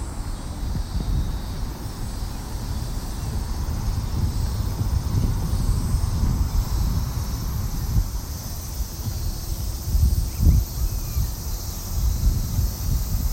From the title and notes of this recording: Field-recorded at Odaiba Kaihin Park, Tokyo. There were many voices of children and family in this seaside.